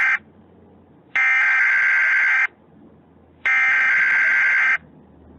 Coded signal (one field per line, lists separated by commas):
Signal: Emergency Alert System (SAME) tones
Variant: header bursts